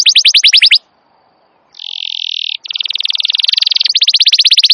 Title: Pikat Kenari GACOR PANJANG INI Cocok Untuk Masteran KENARI LIAR